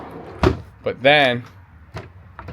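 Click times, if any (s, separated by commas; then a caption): 2.4 s. Someone talks while moving a cabinet or drawer on a motorhome fitted with newly added latches, and a loud knock sounds at 0.4 s. The cabinet latch then locks into place with a sharp click at 2.4 s, and the cabinet or drawer is latched shut.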